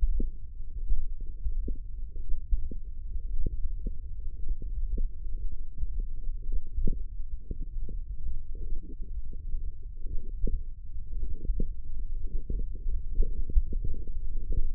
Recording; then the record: forearm muscle sounds (acoustic myography)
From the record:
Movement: tripod grip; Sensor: system 1, eight BSWA MPA416 microphones around the upper forearm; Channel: 6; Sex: female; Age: 22 years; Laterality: right